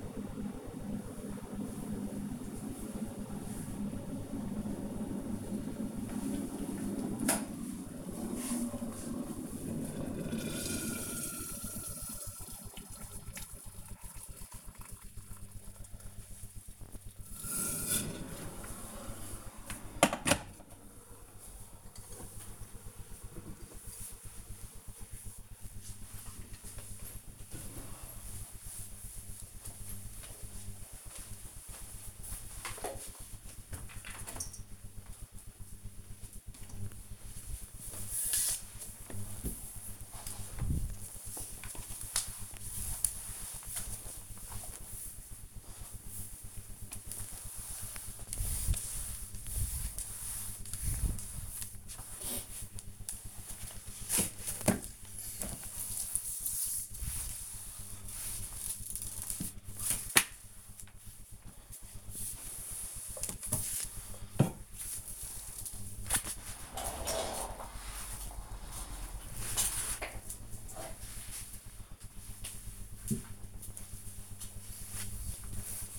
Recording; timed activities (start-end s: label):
household activities, microphone on the right wrist
0.00-20.10 s: making tea
36.23-75.99 s: floor cleaning